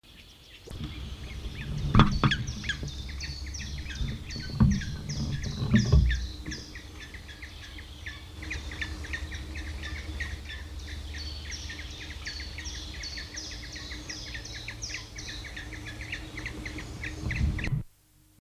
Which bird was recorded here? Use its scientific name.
Picus canus